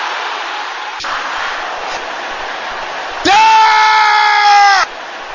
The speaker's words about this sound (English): This is a serious prayer. And you cannot keep quiet. And you cannot allow anybody else to be louder than you. Can I hear you shouting it?